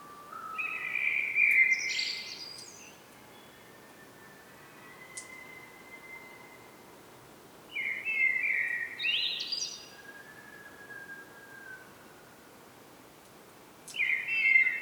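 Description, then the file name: Common blackbird singing warbled phrases with high squeaky endings, several seconds apart, with faint thin whistles between phrases. "Turdus merula"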